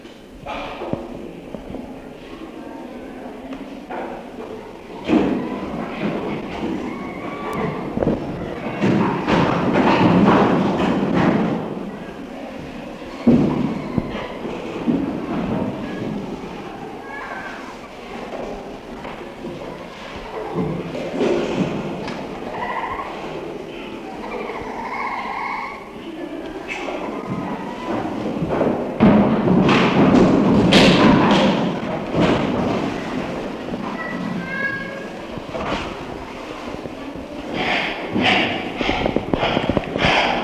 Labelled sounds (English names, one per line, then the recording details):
Chimpanzee
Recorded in captivity
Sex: male
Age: adult
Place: Tierpark Berlin, Berlin, DE
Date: 1966-10-05
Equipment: Tesla Uran
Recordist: unbekannt, keine Angabe